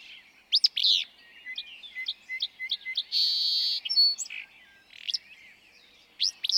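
Willow flycatcher song, raspy burst phrases at intervals, with a quick chip series and a steady buzzy trill from other birds between them.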